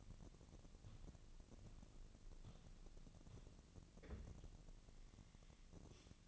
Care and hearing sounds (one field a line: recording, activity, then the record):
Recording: daily activity, microphone in the room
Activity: walk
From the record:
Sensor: 4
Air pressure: 1013.0 hPa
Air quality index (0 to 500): 174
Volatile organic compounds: 2 ppm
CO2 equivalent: 1099 ppm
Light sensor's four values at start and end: 67/166/71/75 and 67/166/71/75